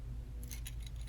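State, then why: Not seated. The foot pegs of a plastic Optimus Prime Earthrise (Transformers War for Cybertron) transforming figure are pushed toward the slots on the other foot during transformation. Soft, scratchy plastic handling rattles are heard over a low steady hum, with a brief tap near 0.5 s and a sharp tick at the very end. Nothing has seated or clicked yet.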